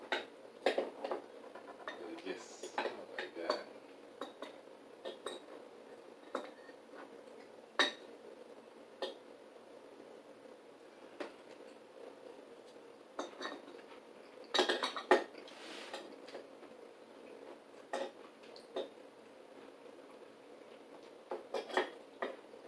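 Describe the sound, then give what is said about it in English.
A knife and fork clink and scrape against a plate in irregular bursts of sharp metallic ticks, some clusters quick and busy, others sparse, over a low steady background murmur. “I started learning how to use knife and fork when I went to high school.”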